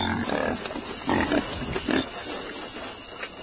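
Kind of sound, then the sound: animal, pig grunting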